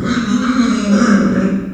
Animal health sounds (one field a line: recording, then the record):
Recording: squeal of a Yucatan mini pig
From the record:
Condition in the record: after surgery on the right vocal fold (resection and tissue-engineered implant)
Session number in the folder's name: 9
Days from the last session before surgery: 65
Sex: female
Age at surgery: 19 weeks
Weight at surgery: 25 kg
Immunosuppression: prednisolone